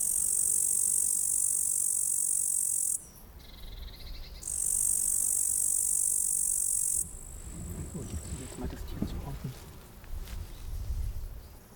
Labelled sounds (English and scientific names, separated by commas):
Upland Green Bush-cricket (Tettigonia cantans) stridulation